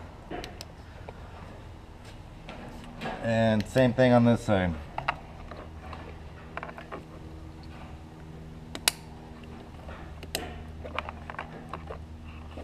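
On a Dodge Dart, the second wiring harness plug is pushed onto the connector on the other side of the Magneti Marelli engine computer (ECU) and locked the same way as the first. Someone talks briefly near the start, and light handling clicks and rattles are heard around it. The plug seats with a loud, sharp click at 8.9 s.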